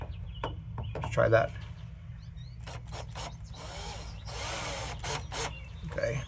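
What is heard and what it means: A screw extractor bit is driven counterclockwise into a badly stripped screw head while someone talks. It spins with a ratcheting, slipping sound and never grips, so a larger extractor is needed. Nothing has seated or clicked yet.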